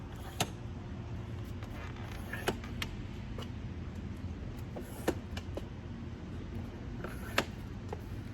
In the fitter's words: Simple, right? So they're all locked into place.